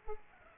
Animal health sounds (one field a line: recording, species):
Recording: mosquito wingbeat signal from an infrared sensor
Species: Culex pipiens